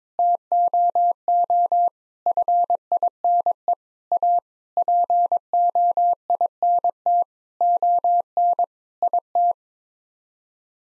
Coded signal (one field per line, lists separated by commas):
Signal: Morse code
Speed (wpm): 22 wpm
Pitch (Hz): 700 Hz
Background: none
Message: TOO FINE A POINT ON IT